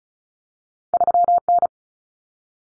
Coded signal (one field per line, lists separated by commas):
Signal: Morse code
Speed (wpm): 34 wpm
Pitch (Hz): 700 Hz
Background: none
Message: 3N